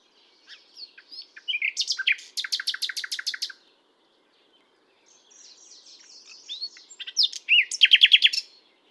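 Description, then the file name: Common nightingale song: a loud, fast run of repeated rattling notes, a pause, then soft warbling rising into another bright rattle. "Luscinia megarhynchos"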